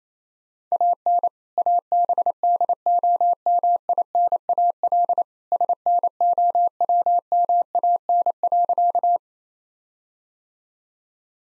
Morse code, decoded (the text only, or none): AN ABDOMINAL SNOWMAN.